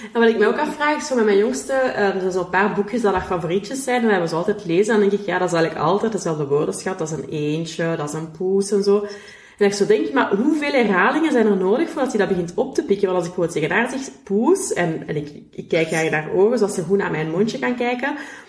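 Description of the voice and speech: A woman speaks Dutch fluently in a mid-pitched, clear voice, with lively intonation and few pauses: ordinary adult speech.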